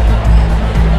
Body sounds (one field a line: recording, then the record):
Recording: background sound without coughing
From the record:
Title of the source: Party Noise 1 Hour Party Ambience